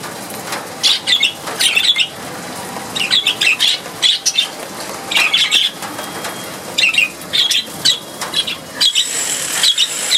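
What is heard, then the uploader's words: Evening birds chirp in quick bright bursts every second or two over a steady low hum, with faint voices underneath. India Soundscape. Hyderabad; Evening, birds.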